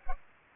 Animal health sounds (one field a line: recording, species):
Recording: mosquito wingbeat signal from an infrared sensor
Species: Culex pipiens